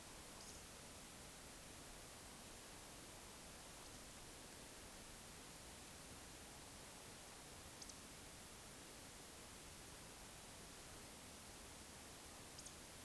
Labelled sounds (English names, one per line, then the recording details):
Eurasian Woodcock whistle
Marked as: whistle, whistle, whistle, whistle
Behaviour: display flight
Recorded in Baden-Württemberg, Germany, on 20 May 2021 at 20:01 UTC
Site 24606, 635 m above sea level